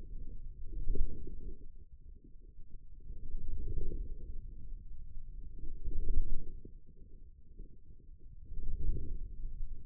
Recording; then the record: forearm muscle sounds (acoustic myography)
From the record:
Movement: wrist flexion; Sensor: system 2, bracelet of six BSWA MPA416 microphones around the upper forearm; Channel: 4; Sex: male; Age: 22 years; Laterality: right